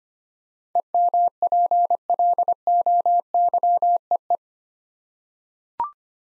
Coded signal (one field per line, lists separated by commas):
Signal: Morse code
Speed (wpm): 25 wpm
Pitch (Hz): 700 Hz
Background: none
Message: EMPLOYEE